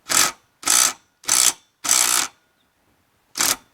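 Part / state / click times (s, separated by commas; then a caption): cylinder head bolt in small engine head / stripped / 0.7 s, 1.3 s, 1.4 s, 1.9 s. A ratchet tightens a replacement cylinder head bolt into the head of a small engine, making five bursts of ratcheting clicks with sharp clicks at 0.7, 1.3, 1.4 and 1.9 seconds. The bolt's thread fails to grab and the bolt keeps turning, leaving the thread stripped.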